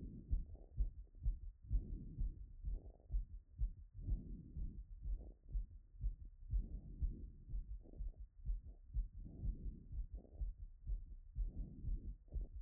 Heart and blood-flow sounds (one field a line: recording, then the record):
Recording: heart sounds by stethoscope after running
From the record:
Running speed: 6 mph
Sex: female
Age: 20 to 29 years